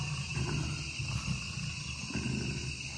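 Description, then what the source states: Jaguar growling in low, rumbling bursts with pauses between, over a steady high insect drone. Threatening growl, in the fifth minute of a field recording in the Amazon.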